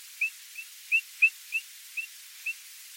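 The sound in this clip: A bird gives seven brief upslurred whistles in three seconds, varying a little in loudness, with soft hiss behind.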